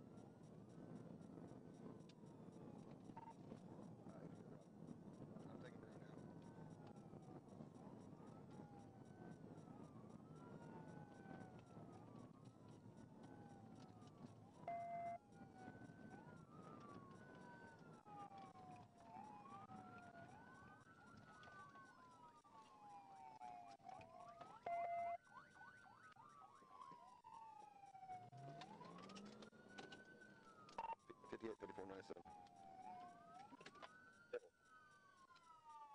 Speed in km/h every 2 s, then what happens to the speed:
159, 163, 164, 147, 138, 134, 111, 100, 74, 48, 35, 31, 23, 23, 45, 45, 29, 0.
4-26 brakes to 23. 26-30 speeds up to 45. 30-34 brakes to 0.